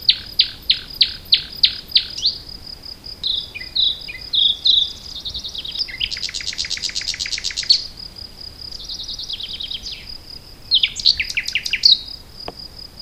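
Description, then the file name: Common nightingale song opens with loud evenly repeated clicks, then moves through liquid whistles, a dense buzzy trill and sharp notes, with a constant high hum behind. "Luscinia megarhynchos"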